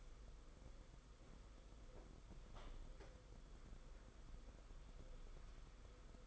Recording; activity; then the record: daily activity, microphone in the room; walk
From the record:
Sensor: 5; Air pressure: 990.9 hPa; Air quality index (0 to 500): 149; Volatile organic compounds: 154 ppm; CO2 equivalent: 4038 ppm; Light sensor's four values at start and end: 40/125/48/51 and 40/125/47/51